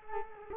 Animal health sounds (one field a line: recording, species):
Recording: mosquito wingbeat signal from an infrared sensor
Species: Culex quinquefasciatus